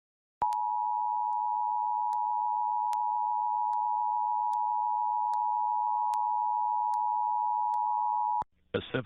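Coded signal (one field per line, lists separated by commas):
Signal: Emergency Alert System (SAME) tones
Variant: 853 and 960 Hz attention tone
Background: speech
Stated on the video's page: Required monthly EAS tests from New Jersey and Pennsylvania, received off air.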